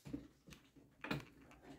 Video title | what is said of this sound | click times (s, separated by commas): Long Boring PC Build | it barely clicked. | 1.0 s